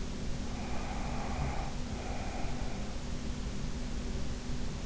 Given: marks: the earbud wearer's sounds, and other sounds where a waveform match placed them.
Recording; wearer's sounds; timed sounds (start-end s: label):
sounds in sleep by an in-ear microphone; breath
0.58-2.74 s: breath